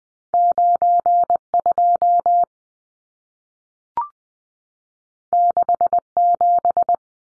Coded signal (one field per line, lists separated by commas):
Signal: Morse code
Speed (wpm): 20 wpm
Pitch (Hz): 700 Hz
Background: none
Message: 92 67